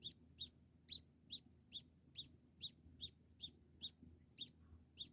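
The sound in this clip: Degu calls: twelve sharp, high chirps in a row, about two a second, over low background noise.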